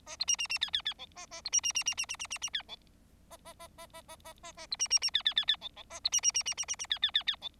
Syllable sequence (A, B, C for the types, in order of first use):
A B C C C D D D E A A B C C C C C C C C C D E A A A A A A A A A B C C C D D D D E E A B C C C C C C C D D D D E